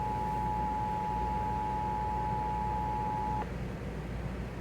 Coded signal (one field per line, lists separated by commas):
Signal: Emergency Alert System (SAME) tones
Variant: 853 and 960 Hz attention tone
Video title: FFW on 6 stations (7/27/22) EAS 1170-1175